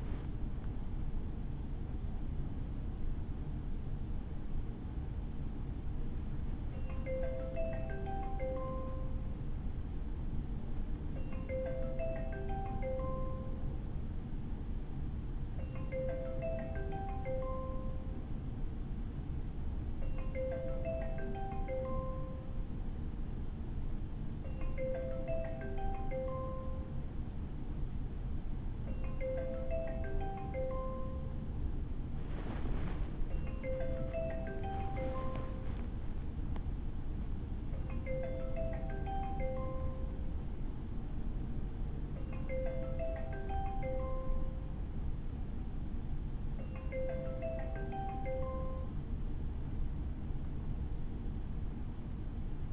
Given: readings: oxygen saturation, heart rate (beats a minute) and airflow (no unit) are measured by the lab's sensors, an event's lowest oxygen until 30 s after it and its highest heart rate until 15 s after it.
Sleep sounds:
a person awake in a sleep study, by a smartphone at the bedside; none
0.00-52.72 s: awake
From the record:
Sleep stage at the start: awake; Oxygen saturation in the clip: 94 to 95%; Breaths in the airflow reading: 20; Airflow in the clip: -4.8 to 5.7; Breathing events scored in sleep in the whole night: 216 in 7.0 hours asleep

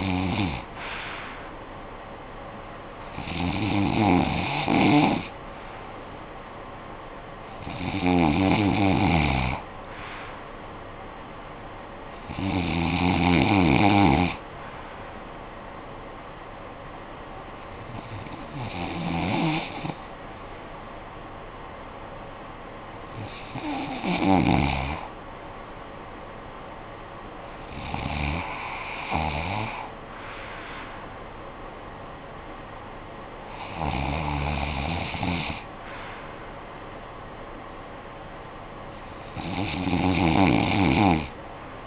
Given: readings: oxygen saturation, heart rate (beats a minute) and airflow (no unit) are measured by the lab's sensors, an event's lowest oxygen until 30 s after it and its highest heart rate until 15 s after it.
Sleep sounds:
breathing in sleep by a voice recorder at the bedside; none
none scored
From the record:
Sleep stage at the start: REM sleep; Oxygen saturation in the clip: 93 to 95%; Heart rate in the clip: 55 to 76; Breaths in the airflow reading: 9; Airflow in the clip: -13.6 to 8.3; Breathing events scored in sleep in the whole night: 445 in 7.6 hours asleep

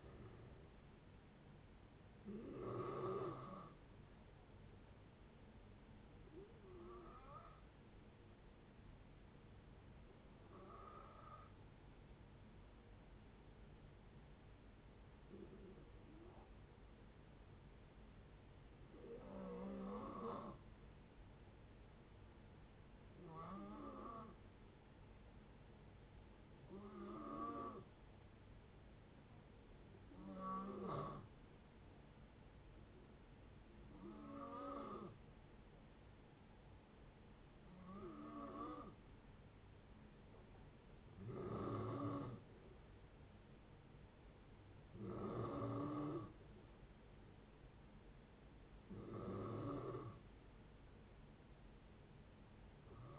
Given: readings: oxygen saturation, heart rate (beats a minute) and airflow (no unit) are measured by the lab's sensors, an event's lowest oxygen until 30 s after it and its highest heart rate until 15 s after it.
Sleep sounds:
breathing in sleep by a voice recorder at the bedside; 1
3.00-20.10 s: hypopnea (N2, oxygen 95% highest, then 90% lowest)
From the record:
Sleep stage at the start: N2 (light sleep); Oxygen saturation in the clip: 89 to 95%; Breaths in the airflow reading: 13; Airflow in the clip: -5.6 to 5.3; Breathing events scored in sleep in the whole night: 496 in 5.4 hours asleep

